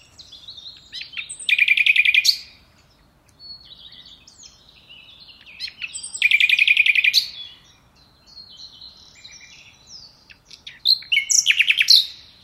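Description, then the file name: Common nightingale song, three loud phrases about five seconds apart, each with a rapid pulsed rattle, linked by softer varied whistled notes. "Luscinia megarhynchos"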